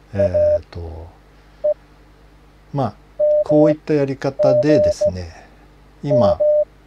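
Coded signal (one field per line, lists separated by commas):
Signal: Morse code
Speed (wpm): 16 wpm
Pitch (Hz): 600 Hz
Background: speech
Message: AE MGM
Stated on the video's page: Morse code learning lesson using mnemonic phrases to memorize characters.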